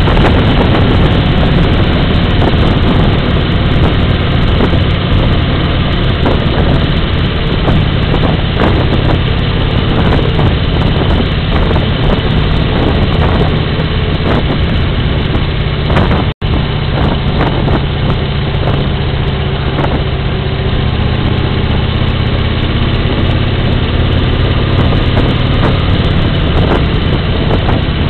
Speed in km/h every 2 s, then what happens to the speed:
56, 54, 50, 54, 51, 55, 54, 48, 49, 49, 46, 48, 52, 52.
0-3 slows to 50. 3-20 steady at about 50. 20-24 speeds up to 52.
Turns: none.